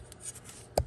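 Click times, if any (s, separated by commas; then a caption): 0.8 s. A rubber spark plug wire boot is pushed up from underneath the vehicle onto the bottom terminal of an ignition coil during a tune-up on a Chevy Suburban with an LS V8 engine (4.8, 5.3, 6.0 or 6.2). Faint rubbing and handling noise with a small tick near 0.1 s leads to one sharp click at 0.8 s as the boot seats on the coil.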